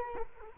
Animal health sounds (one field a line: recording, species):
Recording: mosquito wingbeat signal from an infrared sensor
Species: Culex quinquefasciatus